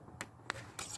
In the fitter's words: make a little click when you do it.